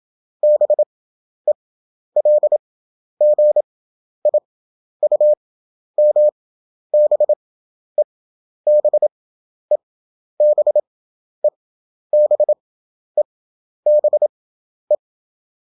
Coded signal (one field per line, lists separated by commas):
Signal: Morse code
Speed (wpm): 27 wpm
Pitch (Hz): 600 Hz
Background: none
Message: BELGIUM BE BE BE BE BE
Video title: European Country abbreviation 27wpm/ 11 Effective (Morse Code) CW Practice.